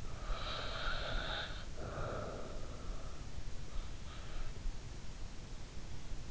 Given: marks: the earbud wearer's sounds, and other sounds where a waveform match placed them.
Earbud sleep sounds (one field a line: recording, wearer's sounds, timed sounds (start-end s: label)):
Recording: sounds in sleep by an in-ear microphone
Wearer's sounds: snoring breath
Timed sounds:
0.31-3.04 s: snoring breath